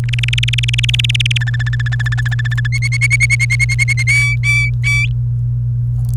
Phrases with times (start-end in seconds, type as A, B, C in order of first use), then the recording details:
0.09-1.38 A, 1.41-2.67 B, 2.72-4.03 C, 4.07-5.08 D. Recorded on 28 April 2018 at 16:37. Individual llb3